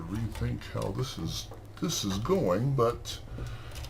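A modular power supply cable connector is handled near its socket on the power supply while someone talks. Nothing has seated or clicked yet.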